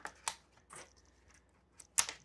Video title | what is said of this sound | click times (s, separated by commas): Spending 1 Night In Pebble Flow - I Live Full Time In An Off Grid Box Truck | Easy snap and snap. | 0.3 s, 2.0 s